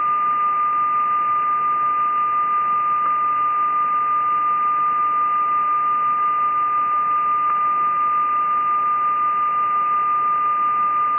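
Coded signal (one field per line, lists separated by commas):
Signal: numbers station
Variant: E06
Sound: one continuous steady tone around 1.2 kHz over hiss, no voice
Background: radio static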